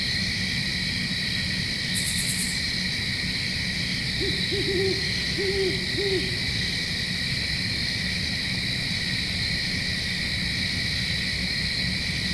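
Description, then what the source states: Owl hooting, a short run of several low hoots within about two seconds, set against steady, dense cricket chirring throughout. Recorded at Flat Rock with crickets in the background.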